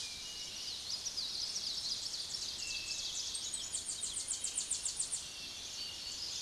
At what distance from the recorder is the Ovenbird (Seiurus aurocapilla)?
about 60 m